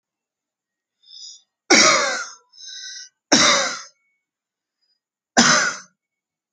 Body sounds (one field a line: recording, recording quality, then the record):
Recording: heavy voluntary cough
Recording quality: excellent, no background noise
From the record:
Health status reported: healthy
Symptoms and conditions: none ticked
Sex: male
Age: 20 years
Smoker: not ticked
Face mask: not worn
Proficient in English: yes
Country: India